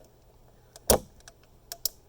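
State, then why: Seated. A small printed plastic cover is pushed onto a 3D-printed mechanical keyboard switch prototype and snaps on quite tight. Sharp snaps are heard at 0.9 s and 1.9 s among a few fainter ticks, and the cover is seated.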